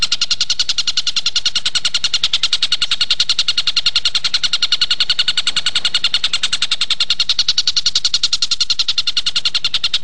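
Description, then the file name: Stork-billed kingfisher in a long, steady run of quick ringing notes, unbroken for the whole stretch. "tengkek buto awi"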